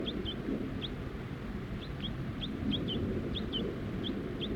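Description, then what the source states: Crossbill calls, scattered sharp chips and quick pairs over broad low background noise. Crossbill family including juveniles perched in Virginia pines at the edge of a grove of trees.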